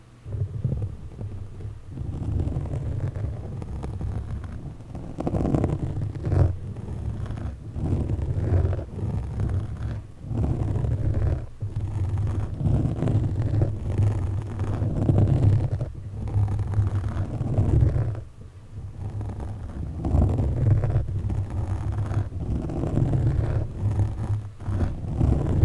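Sharp objects scratch and scrape against a microphone in a dense, rough rumble that runs almost without pause for the whole stretch. The sound is heavy and low, thick with grinding texture, broken by brief dips near 2, 11 and 18 seconds.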